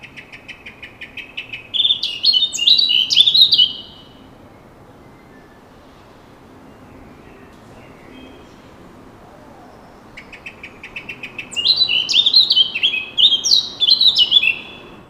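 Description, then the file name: Eurasian blackcap singing: two songs, each starting with soft quick chattering notes and breaking into loud, bright warbling, separated by several seconds of quiet. "Sylvia atricapilla"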